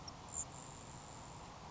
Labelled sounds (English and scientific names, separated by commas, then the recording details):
Grasshopper Sparrow (Ammodramus savannarum)
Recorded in Sonoma County, California